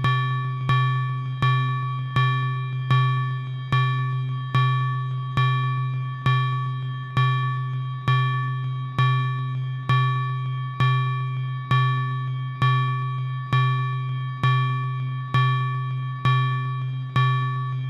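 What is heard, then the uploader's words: A bell is struck again and again at a steady, even pace, roughly once every 0.7 seconds for the whole stretch. Each stroke starts bright and rings out in a low, humming tone with clear higher overtones, fading only slightly before the next hit. Making Bell Sounds. Modules used in this episode: Ornament and Crime, Erica Synths Black Wavetable VCO, Pico RND, DIY Swamp, Befaco Even VCO, Noise Engineering Basimilus Iteritas Alter, Desmodus, Versio, Make Noise Maths, Mimeophon, AI Synthesis Quad VCA/Mixer, Bastl ABC Mixer, Pittsburgh Modular Crush.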